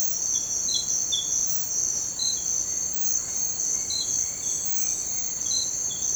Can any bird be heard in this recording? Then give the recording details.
no. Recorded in dense forest near Puerto Asís, Putumayo, Colombia, on 21 December 2024 at 06:30. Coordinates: 0.466, -76.327. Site G075